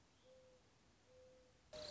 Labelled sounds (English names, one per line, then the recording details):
Mourning Dove
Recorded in Sonoma County, California